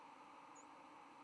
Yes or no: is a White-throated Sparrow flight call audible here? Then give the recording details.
no. Another species' flight call is heard. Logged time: 08:28 on 10 November 2014